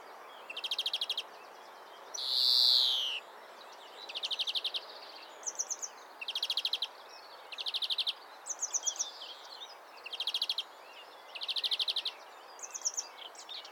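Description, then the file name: European greenfinch uttering bursts of rapid, metallic trilled notes in quick succession, with one drawn-out nasal wheeze near the start. "Chloris chloris"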